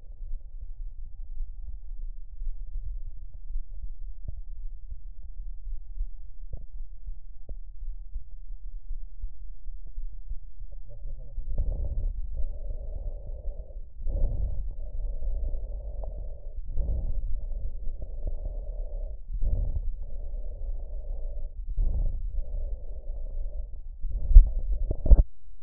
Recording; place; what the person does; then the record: lung sounds by stethoscope; right anterior apical chest; quiet breathing, then deep breathing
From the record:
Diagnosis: interstitial lung disease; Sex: male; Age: 82 years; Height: 158 cm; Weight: 49 kg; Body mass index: 19.6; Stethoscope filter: extended mode